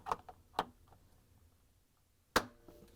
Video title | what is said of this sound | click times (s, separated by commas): How To Replace: Samsung Refrigerator Door Switch DA34-10120E | you can rotate it forward and snap in place | 2.4 s